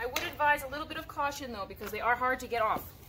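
A front wheel peg is handled at the axle hole on the frame of a Wonderfold W2 folding wagon stroller while someone talks throughout. Nothing has seated or clicked yet by the end of the clip.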